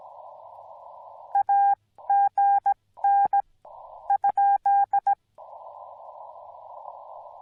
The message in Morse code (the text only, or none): AGN ?